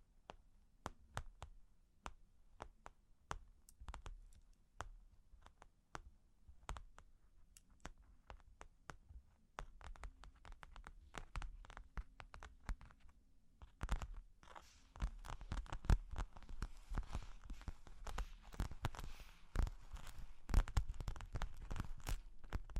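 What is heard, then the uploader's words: Long claws tap and click at an irregular pace, sharp bright ticks scattered across the first half over a low, soft rumble. Around fifteen seconds the sound turns busier and louder, with dense scratching and scraping filling the gaps between frequent taps. Long Claws Tapping and Scratching (No Talking).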